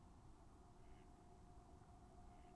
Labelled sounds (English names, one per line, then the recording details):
Mallard
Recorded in Germany
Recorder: ecoPi